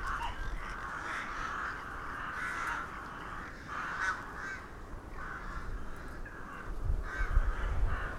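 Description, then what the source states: Crows cawing harshly in bursts with brief gaps, over a low background rumble. Several crows recorded in December 2021 in Hernals, Vienna.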